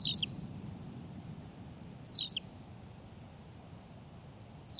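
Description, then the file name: Tawny pipit singing sharp, slurred two-note chirps, one phrase roughly every two seconds, against a steady low hum. "Pipit rousseline Anthus campestris"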